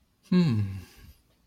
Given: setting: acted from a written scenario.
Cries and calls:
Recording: vocal sound without words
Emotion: contentment

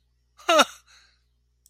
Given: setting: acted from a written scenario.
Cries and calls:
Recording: vocal sound without words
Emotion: amusement

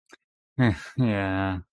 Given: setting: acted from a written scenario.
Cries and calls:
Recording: vocal sound without words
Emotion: guilt

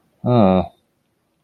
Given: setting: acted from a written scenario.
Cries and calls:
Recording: vocal sound without words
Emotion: neutral

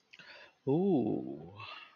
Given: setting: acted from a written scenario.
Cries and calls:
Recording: vocal sound without words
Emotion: desire

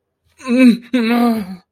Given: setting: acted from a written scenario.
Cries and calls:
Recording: vocal sound without words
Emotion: fear

